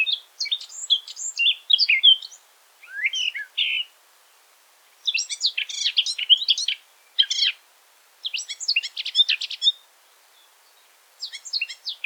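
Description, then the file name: Eurasian blackcap singing rapid, varied warbled phrases in bursts of up to about two seconds, separated by brief pauses. "Sylvia atricapilla"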